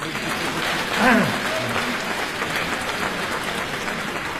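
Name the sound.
audience applause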